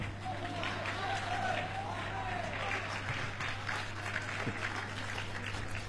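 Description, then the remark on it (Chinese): An audience in Tianjin applauds warmly and steadily for about six seconds as crosstalk comedians from the Jinan Military Region Qianwei Song and Dance Troupe take the stage at a Chinese folk-performing-arts showcase. It is a dense, even wash of clapping that never fades, with a faint voice audible beneath it early on. “谢谢，首先感谢大家热情的掌声。”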